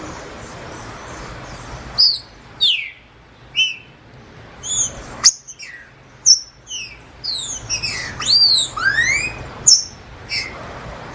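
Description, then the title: Green-winged Saltator song starting with spaced high whistles and clicks, then a dense burst of swooping rising and falling whistles near the end. Wild bird in the bush, singing in competition with another free bird. "Trinca Ferro NICÃ O No Mato Disputando Com Solto"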